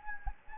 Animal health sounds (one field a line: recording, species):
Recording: mosquito wingbeat signal from an infrared sensor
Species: Anopheles gambiae